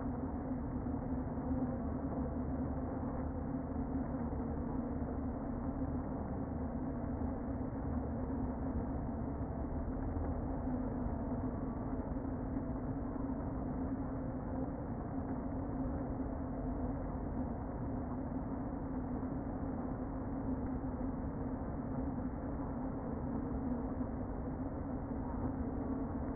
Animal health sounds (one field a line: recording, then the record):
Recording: honeybee colony, microphone inside the hive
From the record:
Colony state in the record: queen present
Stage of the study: before two queens were removed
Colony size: about 60,000 bees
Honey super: yes